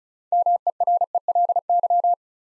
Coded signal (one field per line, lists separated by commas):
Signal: Morse code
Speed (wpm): 36 wpm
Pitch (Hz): 700 Hz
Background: none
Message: MERELY